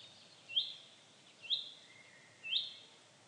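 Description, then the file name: Common chaffinch calls: three short, sharp, upward-flicked notes about one second apart over a steady hiss of background noise. "Fringilla coelebs"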